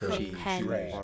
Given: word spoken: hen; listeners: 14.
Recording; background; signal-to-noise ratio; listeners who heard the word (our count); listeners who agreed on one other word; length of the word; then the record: one English word in noise, from a listening test; four-talker babble; -1.1 dB; 1 of 14; 7 of 14; 0.63 s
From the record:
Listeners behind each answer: 7, 4, 1, 1, 1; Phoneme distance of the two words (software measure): 30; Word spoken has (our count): 1 syllable, 3 phonemes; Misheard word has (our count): 1 syllable, 3 phonemes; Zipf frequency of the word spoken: 3.96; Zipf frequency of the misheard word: 5.03